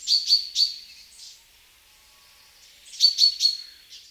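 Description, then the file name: Great tit calling, a quick run of three bright, high notes, then a pause of about two seconds and another run of three. "Parus major"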